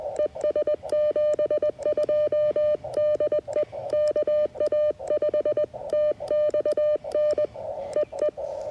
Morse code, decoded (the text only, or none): ES 72 DE KA5TXN E E